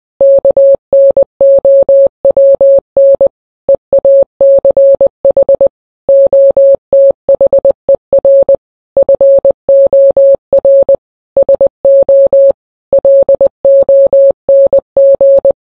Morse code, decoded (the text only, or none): KNOWN EACH OTHER FOR SO LONG